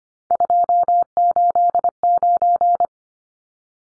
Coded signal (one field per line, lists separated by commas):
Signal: Morse code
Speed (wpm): 25 wpm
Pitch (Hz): 700 Hz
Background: none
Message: 289